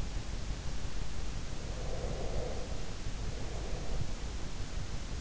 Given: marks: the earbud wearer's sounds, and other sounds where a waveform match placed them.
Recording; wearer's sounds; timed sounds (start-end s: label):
sounds in sleep by an in-ear microphone; breath
1.64-4.27 s: breath